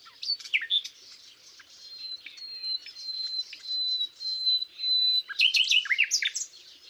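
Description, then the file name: Common nightingale song: quick chirps, then a series of thin, steady whistled notes, then a burst of rapid notes. "Luscinia megarhynchos"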